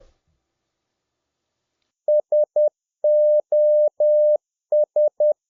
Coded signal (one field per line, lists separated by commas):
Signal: Morse code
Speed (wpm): 10 wpm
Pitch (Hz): 600 Hz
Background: none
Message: SOS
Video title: Clean your own toilet every morning and remember the Clint Eastwood prayer may be a good way to...